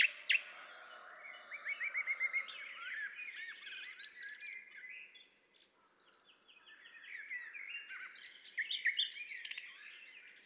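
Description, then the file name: Common nightingale song, a series of rapid repeated chirps, then varied warbling phrases, a brief lull, and more loud rattling notes near the end. "Luscinia megarhynchos"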